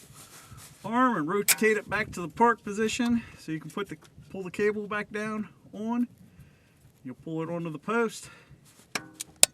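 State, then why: Seated. Someone talks while working on the valve body of a 1998-2004 Dodge Intrepid: the manual shift lever arm is rotated back to the park position and the transmission shift cable end is pulled down onto the lever's post. A few light clicks at 9.0 and 9.2 seconds lead up to a sharp snap at 9.4 seconds as the cable end seats on the post.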